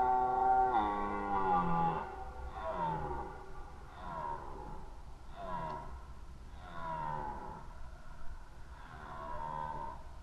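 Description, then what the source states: Red deer roaring, a run of several falling, grunting bellows, the first longest and loudest, the rest quieter. Rut, 2011.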